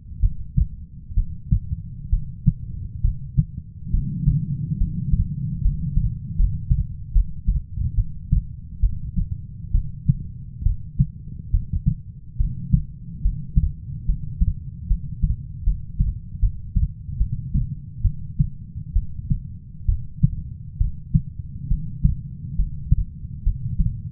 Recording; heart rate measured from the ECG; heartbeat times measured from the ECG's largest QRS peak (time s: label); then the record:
heart sounds by stethoscope; 70 bpm
0.20 s: heartbeat
1.15 s: heartbeat
2.10 s: heartbeat
3.02 s: heartbeat
3.91 s: heartbeat
4.78 s: heartbeat
5.62 s: heartbeat
6.36 s: heartbeat
7.12 s: heartbeat
7.95 s: heartbeat
8.81 s: heartbeat
9.72 s: heartbeat
10.63 s: heartbeat
11.51 s: heartbeat
12.37 s: heartbeat
13.22 s: heartbeat
14.06 s: heartbeat
14.88 s: heartbeat
15.64 s: heartbeat
16.40 s: heartbeat
17.18 s: heartbeat
18.02 s: heartbeat
18.93 s: heartbeat
19.86 s: heartbeat
20.78 s: heartbeat
21.68 s: heartbeat
22.56 s: heartbeat
23.43 s: heartbeat
From the record:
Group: healthy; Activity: rest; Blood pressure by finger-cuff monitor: 134/70 mmHg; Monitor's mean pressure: 91 mmHg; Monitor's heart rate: 69 bpm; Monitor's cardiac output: 6.1 L/min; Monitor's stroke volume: 88 mL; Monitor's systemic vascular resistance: 1050 dyn s/cm5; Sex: female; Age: 37 years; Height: 168 cm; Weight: 70 kg